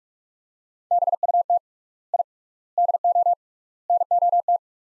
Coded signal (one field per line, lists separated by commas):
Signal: Morse code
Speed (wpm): 44 wpm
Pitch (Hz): 700 Hz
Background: none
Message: BUT I DO NOT